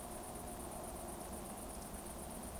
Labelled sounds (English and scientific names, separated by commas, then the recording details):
Eurasian Woodcock (Scolopax rusticola) whistle
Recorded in Baden-Württemberg, Germany, on 24 June 2020 at 20:19 UTC
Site 14569, 102 m above sea level